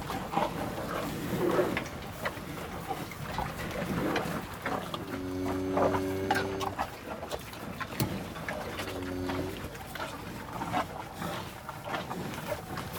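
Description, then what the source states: Cow lowing: two low, harmonic moos, the first about a second and a half long, the second shorter and fainter, over constant rustling background noise. Cows grazing.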